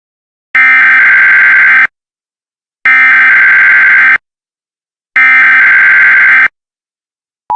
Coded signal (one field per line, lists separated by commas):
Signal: Emergency Alert System (SAME) tones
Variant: header bursts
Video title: EAS Scenario #4: Oklahoma Car Crash